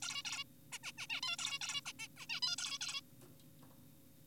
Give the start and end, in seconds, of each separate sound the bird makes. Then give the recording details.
0.02-0.23, 0.25-0.44, 0.72-0.79, 0.83-0.92, 0.98-1.07, 1.09-1.21, 1.23-1.37, 1.39-1.59, 1.61-1.81, 1.86-1.92, 2.00-2.08, 2.17-2.27, 2.29-2.40, 2.43-2.56, 2.58-2.79, 2.81-3.01. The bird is an adult. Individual g4p5U